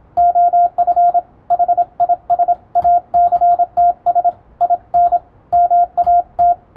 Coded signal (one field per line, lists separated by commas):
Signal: Morse code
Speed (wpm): 27 wpm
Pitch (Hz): 700 Hz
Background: radio noise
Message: OF HIS ACTS IN MAT